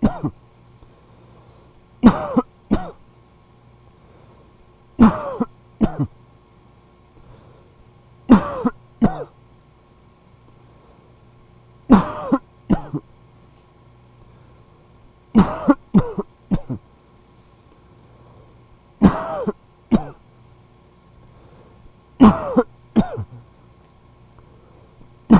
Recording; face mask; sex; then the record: voluntary coughing; surgical mask; male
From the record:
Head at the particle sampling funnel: facing it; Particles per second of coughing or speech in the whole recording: 0.432